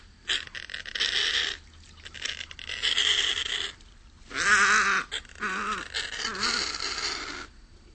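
Snowy egret uttering a series of coarse, nasal, grating calls of varying length, some with a wavering tone, separated by short pauses.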